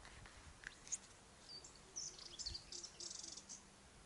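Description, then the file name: Moltoni's warbler song, a fast jumble of thin, scratchy, high chattering notes running for about two seconds over a soft background hiss. "sylvia subalpina"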